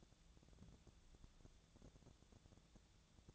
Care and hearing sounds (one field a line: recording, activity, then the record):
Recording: daily activity, microphone in the room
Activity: take from stove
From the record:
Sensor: 3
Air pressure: 1000.0 hPa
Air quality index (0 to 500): 125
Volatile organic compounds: 2 ppm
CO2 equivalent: 1123 ppm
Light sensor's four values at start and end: 46/115/50/55 and 46/115/50/55